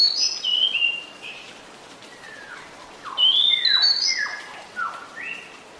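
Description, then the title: Pied Bushchat song: whistled phrases with rising notes, and lower descending notes in between, over light hiss. Decu song used to fix a captive bird that has stopped singing; a territorial, fighting-type bird. "Mengatasi burung decu yang macet bunyi"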